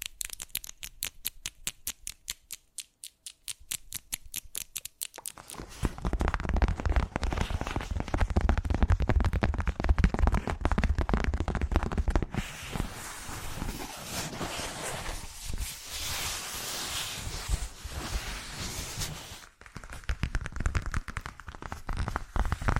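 Fast changing ASMR triggers: sharp regular tapping for five seconds, then dense crinkly scratching and hissy rustling that shifts abruptly near 12 and 19 seconds.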